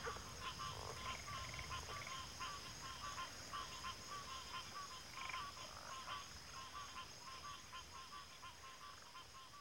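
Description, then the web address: Crickets keep up a steady high ringing chorus beneath many faint frog croaks. Chorus of crickets at a backwater. "WLL Grade 1-12 Pre-Uni Library Natures Songs Sleep Sounds of Nature CRICKETS Backwater Chorus"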